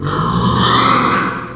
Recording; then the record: squeal of a Yucatan mini pig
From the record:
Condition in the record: after surgery on the right vocal fold (resection and tissue-engineered implant); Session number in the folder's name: 15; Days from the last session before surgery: 175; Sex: female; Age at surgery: 19 weeks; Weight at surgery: 25 kg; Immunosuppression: prednisolone